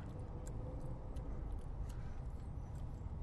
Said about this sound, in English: Houston traffic.